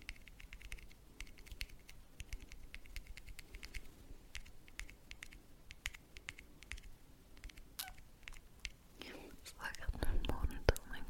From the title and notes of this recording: Tapping. In dieser Folge tippe ich für pure Entspannung, auf verschiedenen Gegenständen.